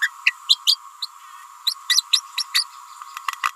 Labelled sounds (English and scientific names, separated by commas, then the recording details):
Green-rumped Parrotlet (Forpus passerinus) babbling
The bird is a female
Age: 29 days
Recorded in a nest box in Venezuela
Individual 17B31A3